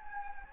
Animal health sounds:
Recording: mosquito wingbeat signal from an infrared sensor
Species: Anopheles gambiae

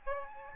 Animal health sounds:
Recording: mosquito wingbeat signal from an infrared sensor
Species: Aedes albopictus

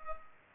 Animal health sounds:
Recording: mosquito wingbeat signal from an infrared sensor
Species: Culex pipiens

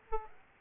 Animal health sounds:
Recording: mosquito wingbeat signal from an infrared sensor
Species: Aedes aegypti

